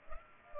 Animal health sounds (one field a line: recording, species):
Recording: mosquito wingbeat signal from an infrared sensor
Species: Culex pipiens